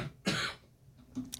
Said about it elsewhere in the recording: Sorry you're sick. You're sorry that I'm coughing and people can hear it over your microphone.